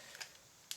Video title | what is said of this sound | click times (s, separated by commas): Vid 162: TF: DOTM: Voyager Sentinel Prime Pt 1 (Review) | You want to pull it out. There's a hole there. You can see that, and it will just click right into place so that it won't move around and cause problems. | 0.7 s